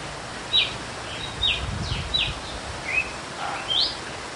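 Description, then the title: Red-cowled cardinal song: a string of brief fluted slurred notes, with a brief low rumble and background hiss. Female; whip-like fluted song style. "Canto Galo Campina Fêmea 01. GALO de CAMPINA cantando açoite flauteado"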